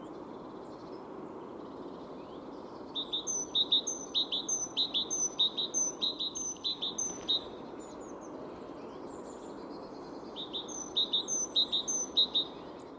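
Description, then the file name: Great tit song: a clear two-note phrase repeated rhythmically in two bouts separated by a pause, over constant low noise. "Parus major"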